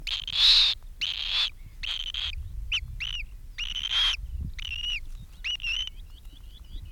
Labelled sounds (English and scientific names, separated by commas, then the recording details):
Northern Lapwing (Vanellus vanellus) call
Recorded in the wild
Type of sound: call
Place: Michaelsdorfer Wiesen, Insel Rügen, Mecklenburg-Vorpommern, DE
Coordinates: 54.36, 12.56
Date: 1967-05-10
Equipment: Nagra III BH, Sennheiser MD 21, parabola
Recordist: Schubert, Michael
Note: Kibitz-Junges, Laute b. Berührung (übernommen v. V 946 im Zoolog. Institut, aber eigene Aufn.!)